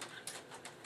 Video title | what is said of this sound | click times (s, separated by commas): Laptop Screen Replacement with screen from www.laptopscreen.com (E-Machines E442-V133).wmv | but then it just snaps back in around here | 0.3 s, 0.9 s